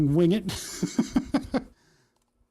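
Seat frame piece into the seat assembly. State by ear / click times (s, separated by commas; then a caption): not seated / none. While reassembling a sim rig seat, someone talks as the seat parts are pushed together, followed by a series of soft knocks and bumps from about 0.8 to 1.6 seconds. No distinct click is heard; the seat frame piece does not fit into the seat assembly, and nothing has seated or clicked yet.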